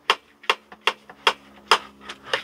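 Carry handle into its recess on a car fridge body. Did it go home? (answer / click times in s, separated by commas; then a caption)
yes / 0.1 s, 0.5 s, 0.9 s, 1.3 s, 1.7 s. A folding carry handle on the side of a plastic compressor car fridge (an 80-quart cooler) is repeatedly flipped and snapped back into its recess. Sharp snapping clicks land at 0.1, 0.5, 0.9, 1.3 and 1.7 seconds, with a weaker one near 2.3 seconds and lighter taps in between. Each time the handle seats solidly back into its resting position.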